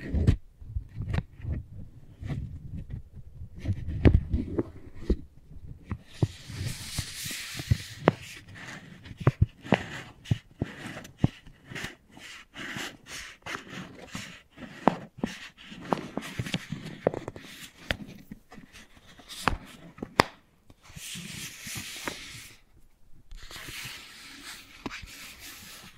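Wooden balls knock and roll, giving frequent sharp clicks and taps at an irregular pace over a low rumbling texture. Bursts of bright hissing rustle come in around 6–9 seconds and again near 21–25 seconds, with quieter gaps in between.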